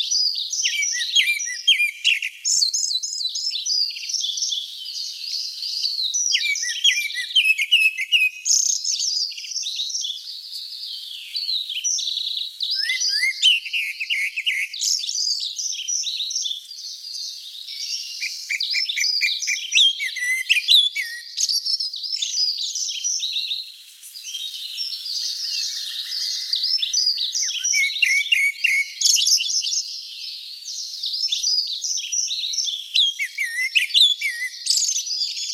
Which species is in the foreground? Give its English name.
Grey-backed Thrush